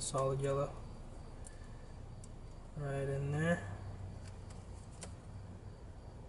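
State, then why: Not seated. A wire terminal pin is pushed into a slot of the plastic connector housing of an N20 3.5 bar MAF sensor being repinned to fit an N54 without a wiring harness. Someone talks over steady background noise, with brief soft ticks at about 1.5, 2.2 and 5.0 seconds as the terminal is handled. The pin has not clicked or seated into the housing yet.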